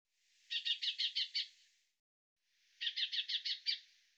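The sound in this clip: Bird utters two rapid runs of about six bright chirps each, separated by a short silent gap.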